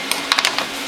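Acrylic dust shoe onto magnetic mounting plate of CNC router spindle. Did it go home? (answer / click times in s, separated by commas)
yes / 0.3 s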